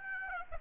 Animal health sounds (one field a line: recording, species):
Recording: mosquito wingbeat signal from an infrared sensor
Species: Aedes aegypti